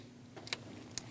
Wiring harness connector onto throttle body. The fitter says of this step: Install the connector for the throttle body. Push until you hear a click.